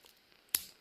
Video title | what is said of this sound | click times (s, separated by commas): Victorinox 111mm Picknicker pocket knife - Easy way to reassemble the scales | can hear it lock into place there you can | 0.5 s